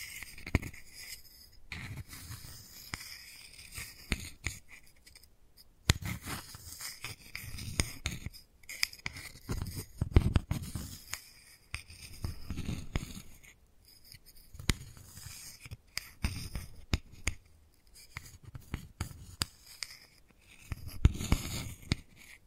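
Wooden balls roll and knock together in a busy, irregular stream of dry clicks and taps. Louder clattering bursts with a low rumble come every couple of seconds, separated by brief quiet gaps, and the texture stays crisp and scratchy throughout.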